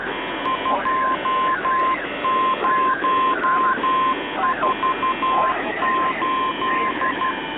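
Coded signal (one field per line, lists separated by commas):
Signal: Morse code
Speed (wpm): 12 wpm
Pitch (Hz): 1040 Hz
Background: radio noise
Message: 2048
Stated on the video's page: Shortwave signals from mysterious stations of the group including the Buzzer on 4625 kHz, received between February 2022 and May 2023.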